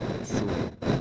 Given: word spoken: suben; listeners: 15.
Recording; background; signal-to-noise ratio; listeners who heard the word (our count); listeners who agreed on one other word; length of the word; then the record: one Spanish word in noise, from a listening test; noise modulated by three-talker babble; -5.7 dB; 1 of 15; 7 of 15; 0.61 s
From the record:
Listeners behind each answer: 7, 5, 1, 1, 1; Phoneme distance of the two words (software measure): 7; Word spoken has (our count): 2 syllables, 5 phonemes, stress on syllable 1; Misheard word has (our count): 2 syllables, 4 phonemes, stress on syllable 1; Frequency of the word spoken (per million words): 7.42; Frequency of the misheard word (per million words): 20.92